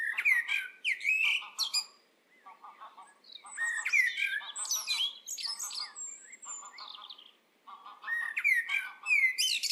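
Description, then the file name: Eurasian blackbird song of gliding whistled phrases and squeaky high flourishes, interspersed with low rattling chatter, in several bursts separated by brief pauses. "Turdus merula"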